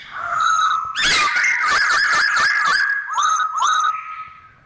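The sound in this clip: Bird song: a long steady whistle, then a rapid run of loud harmonic notes and a few short upslurred whistles near the end.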